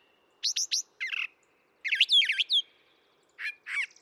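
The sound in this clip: Brown thrasher song with three sharp high notes, a buzzy burst, a cluster of slurred whistles, then two raspy phrases after a pause.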